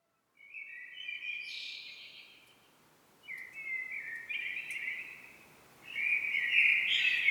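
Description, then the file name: Common blackbird gives three fluty warbled phrases separated by pauses, each finishing in thin high chatter, the last one loudest. "Turdus merula"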